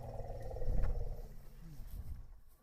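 Elephant rumbling, a deep low growl that rises and then slowly fades over about two seconds, with a faint higher tone early on.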